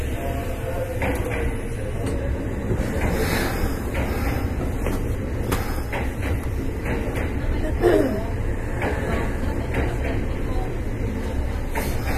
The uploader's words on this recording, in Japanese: 近畿日本鉄道1220系列電車の走行音です。奈良線の急行列車にて収録しました。区間は、大和西大寺から大阪難波までです。奈良線急行 大和西大寺から大阪難波まで。